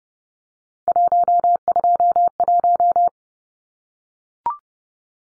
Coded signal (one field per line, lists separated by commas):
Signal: Morse code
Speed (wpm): 30 wpm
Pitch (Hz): 700 Hz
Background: none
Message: 121